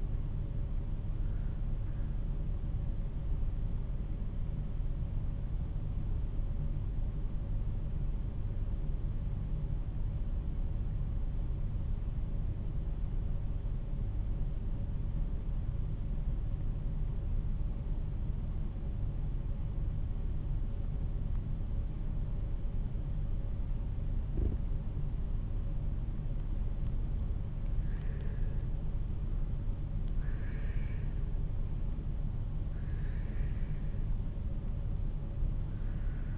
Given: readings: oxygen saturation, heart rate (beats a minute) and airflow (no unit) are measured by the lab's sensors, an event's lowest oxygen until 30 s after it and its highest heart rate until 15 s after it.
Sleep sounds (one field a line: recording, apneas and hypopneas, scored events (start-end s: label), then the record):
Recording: breathing in sleep by a smartphone at the bedside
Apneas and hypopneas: 1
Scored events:
3.00-27.90 s: hypopnea (N1, oxygen 96% highest, then 88% lowest, heart rate 48 at the start, 52 highest)
5.00-35.00 s: new sleep stage, N2 (light sleep)
35.00-36.38 s: new sleep stage, N1 (lightest sleep)
From the record:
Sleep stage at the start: N1 (lightest sleep)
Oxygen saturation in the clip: 89 to 96%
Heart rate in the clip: 46 to 52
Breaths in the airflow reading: 5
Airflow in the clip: -6.5 to 11.0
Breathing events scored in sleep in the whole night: 388 in 6.5 hours asleep